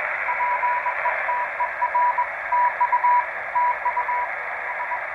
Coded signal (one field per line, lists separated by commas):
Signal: Morse code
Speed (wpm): 20 wpm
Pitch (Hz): 980 Hz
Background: radio noise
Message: PETER TU TU S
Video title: Crossing the Pacific with a uBitx on 7 MHz